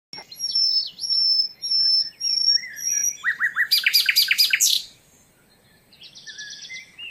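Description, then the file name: Common nightingale song: long pure whistled notes held steady, then a fast run of rising buzzy notes and a rapid metallic rattle, followed by a softer trill. "Luscinia megarhynchos"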